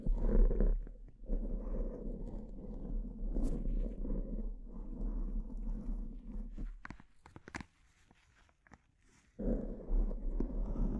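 Brain scratching makes a steady, low, rough rumble that breaks off near seven seconds into sparse sharp clicks, then resumes near nine and a half.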